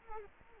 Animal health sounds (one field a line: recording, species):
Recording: mosquito wingbeat signal from an infrared sensor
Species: Culex quinquefasciatus